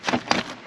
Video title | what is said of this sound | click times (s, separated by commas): CAMPING in TRUCK - Dogs | there you go and then that locks in place and that's it and then | 0.3 s